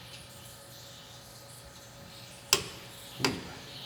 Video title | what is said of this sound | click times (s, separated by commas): Coming to a Halt in a Hurry! You'll be Amazed How Well This 1948 Chevy Stops! Brakes Done Right! | 33. Wait for the click. | 2.5 s